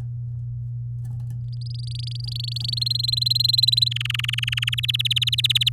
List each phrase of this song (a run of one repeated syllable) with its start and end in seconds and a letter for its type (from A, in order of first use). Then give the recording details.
1.53-2.79 A, 2.81-3.88 B, 3.91-4.75 C, 4.78-5.69 D. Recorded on 7 May 2018 at 14:06. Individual llb16